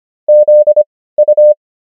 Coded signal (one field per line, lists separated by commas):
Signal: Morse code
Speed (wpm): 25 wpm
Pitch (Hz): 600 Hz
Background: none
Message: ZU